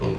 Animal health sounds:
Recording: contact call of a hoofed animal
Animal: pig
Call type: closed-mouth grunt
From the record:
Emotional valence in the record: positive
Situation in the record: food and toys in familiar pen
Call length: 0.19 s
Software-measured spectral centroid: 1460 Hz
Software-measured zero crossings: 950 a second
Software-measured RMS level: -25 dBFS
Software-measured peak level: -14 dBFS

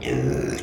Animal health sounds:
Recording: contact call of a hoofed animal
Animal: pig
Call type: closed-mouth grunt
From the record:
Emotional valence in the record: negative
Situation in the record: short social isolation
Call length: 0.63 s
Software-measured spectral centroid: 2520 Hz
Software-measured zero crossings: 1610 a second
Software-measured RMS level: -24 dBFS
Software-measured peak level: -12 dBFS

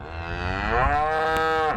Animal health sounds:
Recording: contact call of a hoofed animal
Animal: cattle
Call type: low-frequency (closed-mouth) or high-frequency (open-mouth) call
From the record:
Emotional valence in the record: negative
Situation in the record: full separation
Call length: 1.78 s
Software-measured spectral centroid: 1740 Hz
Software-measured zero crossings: 1740 a second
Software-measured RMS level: -24 dBFS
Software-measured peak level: -9 dBFS

